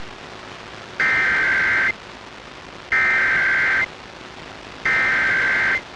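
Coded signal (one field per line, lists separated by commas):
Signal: Emergency Alert System (SAME) tones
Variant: header bursts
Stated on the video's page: North Carolina statewide Child Abduction Emergency (AMBER Alert) relayed through the public IPAWS CAP feed.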